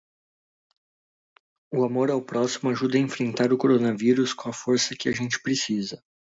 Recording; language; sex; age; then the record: spoken sentence; Brazilian Portuguese; male; 30 to 39 years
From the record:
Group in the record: control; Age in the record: 38 years